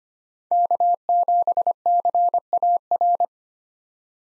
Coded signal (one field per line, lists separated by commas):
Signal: Morse code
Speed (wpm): 25 wpm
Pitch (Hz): 700 Hz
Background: none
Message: K7CAR